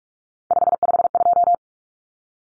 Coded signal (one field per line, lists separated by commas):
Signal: Morse code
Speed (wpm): 44 wpm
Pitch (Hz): 700 Hz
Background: none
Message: 552